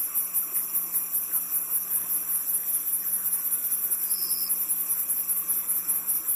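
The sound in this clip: Crickets keep up a continuous shrill trill in regular pulses, with a brief thin tone after four seconds and a soft low drone.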